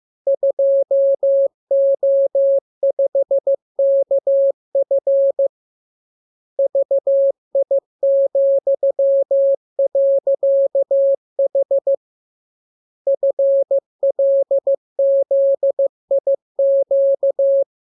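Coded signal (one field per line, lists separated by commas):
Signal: Morse code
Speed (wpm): 15 wpm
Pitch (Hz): 550 Hz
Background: none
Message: 2O5KF VI,.H FLZIQ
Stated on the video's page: Morse lesson radiogram practicing letters, numbers and punctuation, opened with VVV and section sign, closed with AR.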